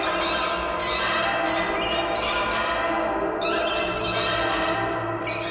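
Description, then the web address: Bird giving scattered rasping squawks, several bursts spaced irregularly over a steady noisy background. "soundfactory birds birds birds thread buzz all"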